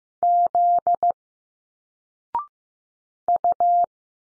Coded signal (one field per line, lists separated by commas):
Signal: Morse code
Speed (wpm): 15 wpm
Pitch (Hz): 700 Hz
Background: none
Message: Z U